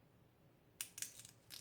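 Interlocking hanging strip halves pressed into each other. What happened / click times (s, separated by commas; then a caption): The interlocking plastic strips clicked together / 0.8 s. Two interlocking plastic picture-hanging strip halves are pressed into each other until they lock. A sharp click at 0.8 s marks them seating, followed by a few quieter snaps and rattles up to about 1.6 s over a low, quiet background. The strips are locked together.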